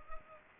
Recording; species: mosquito wingbeat signal from an infrared sensor; Culex pipiens